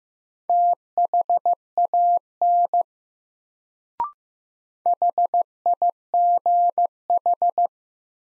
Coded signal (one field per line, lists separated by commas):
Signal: Morse code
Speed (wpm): 15 wpm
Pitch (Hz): 700 Hz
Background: none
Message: THAN HIGH